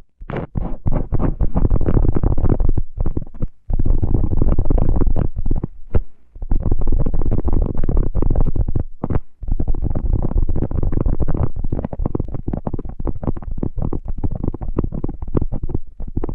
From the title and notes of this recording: ASMR Sensitive Tingles with Mics Under Tape (No Talking).